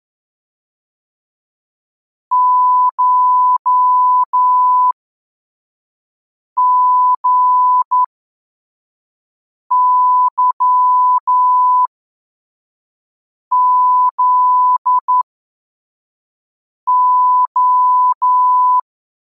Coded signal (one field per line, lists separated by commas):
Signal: Morse code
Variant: Russian alphabet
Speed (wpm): 11 wpm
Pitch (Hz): 1000 Hz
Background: none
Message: ШГЫЗО